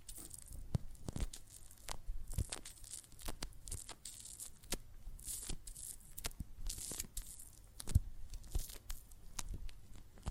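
Soapy water foam crackles and fizzes with dense, irregular bright pops and hisses, plus occasional sharper crunchy bursts near two and eight seconds.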